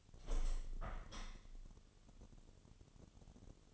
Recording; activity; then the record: daily activity, microphone in the room; open window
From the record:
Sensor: 4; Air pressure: 1015.7 hPa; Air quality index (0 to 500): 97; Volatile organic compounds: 2 ppm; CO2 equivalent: 1084 ppm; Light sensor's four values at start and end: 9/20/8/7 and 9/20/8/7